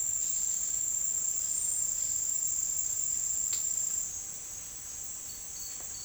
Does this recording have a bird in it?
no